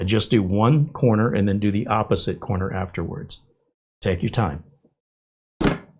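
Someone talks, then the first corner push pin of a stock CPU cooler is pressed with the thumb and full body weight into a motherboard mounting hole. A sharp click at 5.6 s marks the pin seating in.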